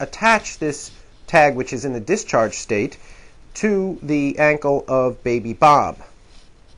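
An Elpas infant security tag, in the discharge state, is handled as it is about to be attached by its strap to a baby's ankle while someone talks. Nothing has clicked or seated yet; the strap has not closed by the end of the clip.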